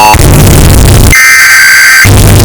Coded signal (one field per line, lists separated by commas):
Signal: Emergency Alert System (SAME) tones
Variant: header bursts